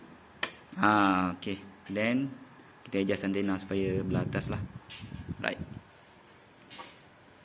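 An antenna is twisted onto a wireless microphone receiver and seats with a single sharp click at 0.4 seconds. Someone talks through the rest of the clip.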